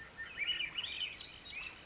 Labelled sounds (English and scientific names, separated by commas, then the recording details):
Swainson's Thrush (Catharus ustulatus)
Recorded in Sonoma County, California